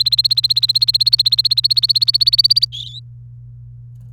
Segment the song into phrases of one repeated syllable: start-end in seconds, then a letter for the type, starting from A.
0.00-2.65 A